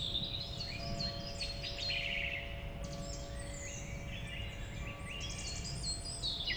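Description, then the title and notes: Song Thrush pouring out bright, varied whistles and chirpy high phrases in quick succession, with a faint steady tonal hum and low background rumble underneath. State forest off Route Forestière de la Meunaz at Montcel, France, a large woodland frequented by thrushes and many other birds. "Rte Forestière de la Meunaz, Montcel, France - Grive musicienne. Forêt domaniale du Montcel, vaste espace forestier , fréquenté par les grives et de nombreux oiseaux"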